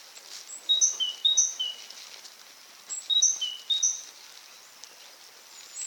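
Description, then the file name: Great tit song: bright, high two-note phrases alternating a high and a lower pitch, given in two bursts with a pause between, over a soft hiss of background noise. "Parus major"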